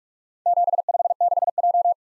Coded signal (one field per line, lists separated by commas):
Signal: Morse code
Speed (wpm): 44 wpm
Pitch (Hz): 700 Hz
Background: none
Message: 756J